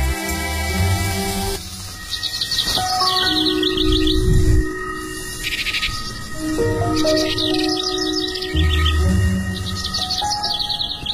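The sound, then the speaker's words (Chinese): Birdsong in repeated bursts of bright, high chirping trills, separated by short pauses, over a soft, steady low tonal backdrop. No one speaks. “先听一会儿鸟叫怎么样？”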